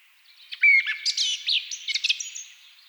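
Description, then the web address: Thrush singing a varied phrase of clear whistles, sharp chips and high slurred notes, with a soft background of further birdsong. Several thrushes singing at twilight; track from a Hungarian nature-sounds collection (Agykontroll CD 3). "agykontroll CD 3-A természet hangjai - Rigók szürkületkor"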